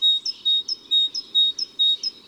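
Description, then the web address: Great tit song: a steady whistled note followed by a higher upslurred note, the pair repeated five times in quick, even rhythm. Recorded in January. "Janvier La Mesange charbonniere. les-4-saisons-des-chants-doiseaux"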